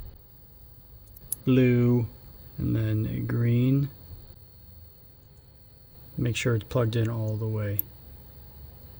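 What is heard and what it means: A green plastic wire connector is handled at its mating plug on the headlight module harness of a BMW X5 while someone talks, with a few faint ticks around 1.1 to 1.3 seconds. Nothing has seated or clicked yet; the clip ends just before the connector goes home.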